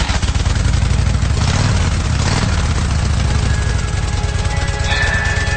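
A motorcycle engine idles with a loud, steady low rumble, rising briefly in a couple of quick revs before settling back into its throbbing idle. No one speaks.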